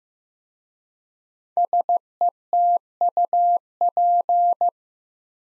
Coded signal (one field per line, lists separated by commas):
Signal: Morse code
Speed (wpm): 15 wpm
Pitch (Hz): 700 Hz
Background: none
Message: SETUP